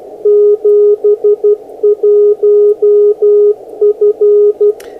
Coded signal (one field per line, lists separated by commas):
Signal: Morse code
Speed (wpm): 12 wpm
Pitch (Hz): 420 Hz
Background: radio noise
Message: 71F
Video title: The K7TMG HF Thermometer